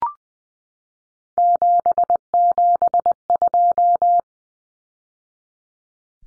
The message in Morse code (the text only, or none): 772